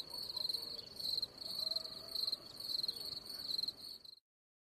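Cricket chirps, high and buzzy, repeated in quick succession for about four seconds, then silence.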